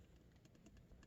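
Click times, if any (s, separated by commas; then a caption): none. A plastic shark head piece from the Spin Master King Shark Mega Gear is handled and fitted onto the toy action figure's plastic armor after a button on the armor piece is pressed. Faint, light plastic taps and rustles are heard over a steady low background. Nothing has seated or clicked yet.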